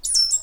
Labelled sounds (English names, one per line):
Stitchbird song